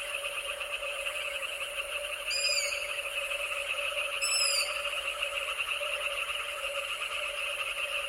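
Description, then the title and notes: Frog chorus drones on evenly with an insect hum, broken twice by brief high descending chirps. Danube Delta, summer night at midnight before moonrise; frog calls mixed with insect calls. "Danube Delta - Summer Night - Jackals And Frogs. Midnight in the Danube Delta. The moon hasn't risen yet but the jackals start howling, adding to the eerie mix of frog and insect calls"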